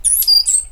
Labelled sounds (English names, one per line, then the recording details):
Stitchbird song
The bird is a male
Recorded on Tiritiri Matangi Island, New Zealand, in 2005
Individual 8, of nest box 10